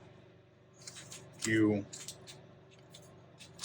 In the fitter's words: push this tool pops out